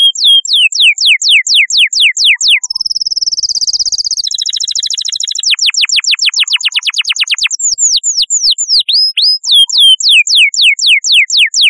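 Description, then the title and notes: Canary delivering evenly spaced downward-sliding notes, a rapid buzzy roll in the middle, then another fast series of steep falling sweeps continuing to the end. Chirping song. "Kicau Burung Kenari"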